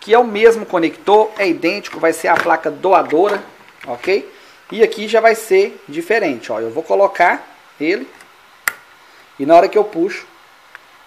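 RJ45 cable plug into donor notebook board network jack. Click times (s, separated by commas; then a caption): 8.7 s. Someone talks while inserting the same RJ45 cable plug into the identical network jack on a donor notebook board. A sharp snap is heard at 8.7 s, followed by a faint tick at 10.8 s. The plug is seated and locked, so it does not come out when pulled.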